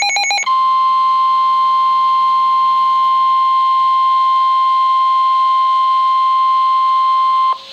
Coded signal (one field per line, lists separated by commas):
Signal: Emergency Alert System (SAME) tones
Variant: 1050 Hz attention tone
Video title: Flash Flood Warning [EAS 72] | NOAA Weather Radio (9/23/2011)